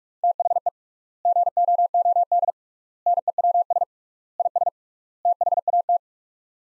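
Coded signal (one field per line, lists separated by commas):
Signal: Morse code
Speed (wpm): 47 wpm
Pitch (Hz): 700 Hz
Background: none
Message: THE GOOD NEWS IS THAT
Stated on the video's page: Morse practice of sets of five words at 45 wpm with 3x word spacing, a Farnsworth-like method for head-copying drills.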